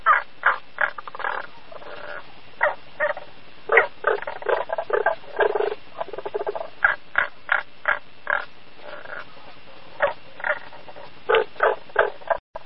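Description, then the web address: Frog croaks in short rough bursts, about three per second, in irregular runs with brief pauses between. "travel bangai kaeru"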